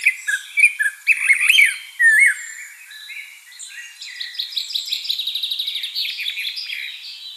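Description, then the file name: Common blackbird singing: rich warbled notes, then a fast, even series of high chattering notes. "Turdus merula"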